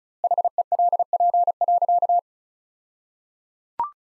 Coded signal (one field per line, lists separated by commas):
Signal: Morse code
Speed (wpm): 36 wpm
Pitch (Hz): 700 Hz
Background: none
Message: HELP.